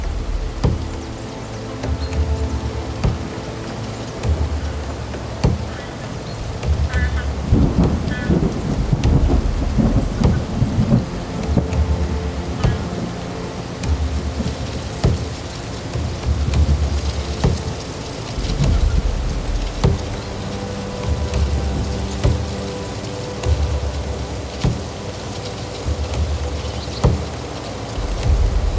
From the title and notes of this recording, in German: Natur - Hochgern im Chiemgau. Aufnahme vom Hochgern bei Wind und Wetter.